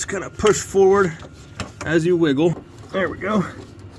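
A plastic evap vent valve for a GMC/Chevy is pushed forward and wiggled into the charcoal canister, past the O-ring, while someone talks. Faint handling noises sit under the speech. Nothing has seated or clicked yet; the valve still has to be turned until it clicks into place.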